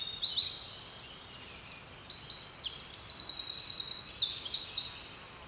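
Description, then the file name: Eurasian wren singing a vigorous, high-pitched cascade of quick notes and buzzy trills that runs almost without a break for five seconds. "Troglodytes troglodytes"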